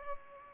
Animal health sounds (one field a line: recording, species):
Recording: mosquito wingbeat signal from an infrared sensor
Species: Culex pipiens